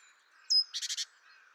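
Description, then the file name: Great tit call: a short high whistled note followed by a quick burst of four buzzy, harsh churring notes, with faint background hiss. "Parus major"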